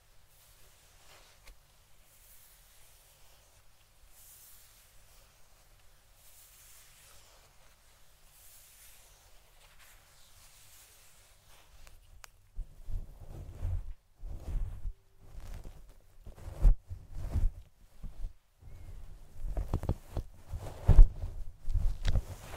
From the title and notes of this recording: TimASMR- ASMR ~BRAIN MELTING~ Fluffy Mic TRIGGERS (Scalp Massage, Brushing, No Talking).